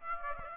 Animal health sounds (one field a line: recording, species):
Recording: mosquito wingbeat signal from an infrared sensor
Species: Aedes aegypti